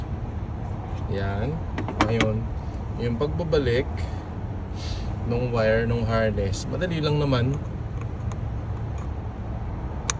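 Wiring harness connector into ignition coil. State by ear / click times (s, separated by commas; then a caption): seated / 10.1 s. On a 2011 Hyundai Tucson, the wiring harness plug is pushed onto the plastic connector of an ignition coil that is being put back. Someone talks over a low steady hum, with two faint ticks near 8.0 and 8.3 seconds. A sharp click at 10.1 seconds marks the connector seating.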